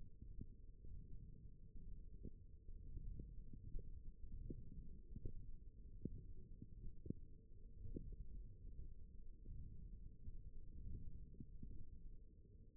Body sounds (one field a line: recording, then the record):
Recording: forearm muscle sounds (acoustic myography)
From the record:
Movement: wrist extension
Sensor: system 1, eight BSWA MPA416 microphones around the upper forearm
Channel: 4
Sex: female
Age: 21 years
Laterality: right